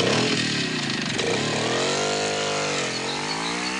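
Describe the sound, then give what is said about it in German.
A motorcycle engine roars loudly and steadily, its pitch climbing and dipping as the throttle is worked, like a bike revving up and riding off. “Dann schlenderte er betont lässig zu seinem Motorrad und fuhr davon.”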